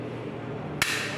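A cover is fitted back onto a coffee machine brewer unit and pressed on by hand. Over a low steady hum, a single sharp knock sounds at 0.8 s, followed by a brighter broadband hiss. The cover seats firmly in place.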